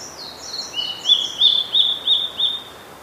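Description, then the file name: Blue-and-white Flycatcher giving one song phrase: a cascade of descending high whistles, then five evenly spaced, looping repeated notes. "oruri"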